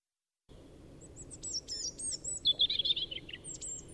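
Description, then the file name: European robin song begins after a brief silence: scratchy high notes, then a sweet, liquid trill with thin whistles, with soft background hiss throughout. "Erithacus rubecula"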